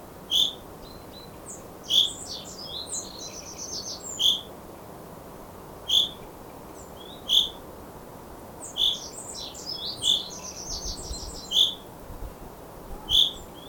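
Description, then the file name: Common chaffinch giving clipped, sharp call notes at an uneven pace, about every second or two, while another bird adds bursts of high twittering in the background. "Fringilla coelebs"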